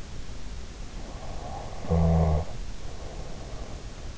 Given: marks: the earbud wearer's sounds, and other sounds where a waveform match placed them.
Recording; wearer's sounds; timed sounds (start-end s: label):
sounds in sleep by an in-ear microphone; snoring breath
1.16-3.75 s: snoring breath